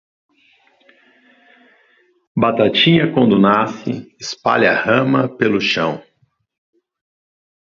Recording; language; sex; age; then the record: short text; Brazilian Portuguese; male; 40 to 49 years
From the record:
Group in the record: control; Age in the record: 49 years